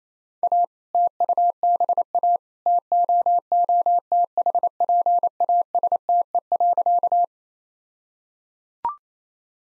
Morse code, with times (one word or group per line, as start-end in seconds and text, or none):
0.4-0.6 A
0.9-2.4 TUBA
2.7-7.2 TOOTHPASTE.